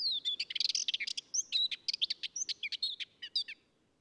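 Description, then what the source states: Ménétries's warbler giving a hurried, rattling song of dry high chips and thin whistled notes, running steadily for about three and a half seconds before stopping. Song recorded from a clifftop.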